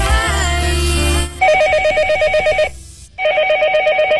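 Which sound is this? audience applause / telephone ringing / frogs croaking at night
telephone ringing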